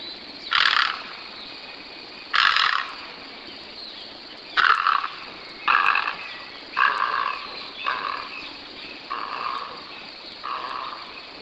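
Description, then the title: Great egret uttering harsh, guttural croaks, first spaced about two seconds apart and then coming faster and quieter toward the end, over a background hiss. "LuckyPassaro Completos2Sama. Great Egret (Ardea alba)"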